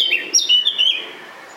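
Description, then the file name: Eurasian blackcap singing a short phrase of clear, fluting whistled notes that slide up and down, then falling quiet. "Sylvia atricapilla"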